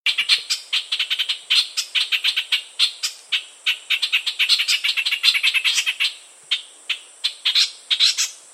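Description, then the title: White-shouldered triller song: a fast, dense run of high, sharp chirps and twitters, packed in quick bursts with a few short pauses. "Kapas Tembak"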